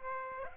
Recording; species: mosquito wingbeat signal from an infrared sensor; Aedes aegypti